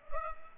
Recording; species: mosquito wingbeat signal from an infrared sensor; Culex pipiens